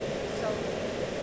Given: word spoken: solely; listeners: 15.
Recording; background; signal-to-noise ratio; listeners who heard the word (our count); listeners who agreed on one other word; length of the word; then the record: one English word in noise, from a listening test; speech-shaped noise; -6.4 dB; 0 of 15; 6 of 15; 0.83 s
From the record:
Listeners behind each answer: 6, 1, 1, 1, 1, 1, 1, 1, 1, 1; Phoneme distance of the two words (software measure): 17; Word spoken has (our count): 2 syllables, 4 phonemes, stress on syllable 1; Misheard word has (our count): 2 syllables, 5 phonemes, stress on syllable 1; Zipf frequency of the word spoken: 3.48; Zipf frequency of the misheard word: 4.36